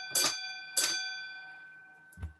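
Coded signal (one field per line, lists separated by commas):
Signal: bell signal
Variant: railway block bell code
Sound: two sharp bell strikes about 0.6 s apart, ringing out, then a dull thud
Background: small room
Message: 2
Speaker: There's a bell telegraph code for railways. So here we go.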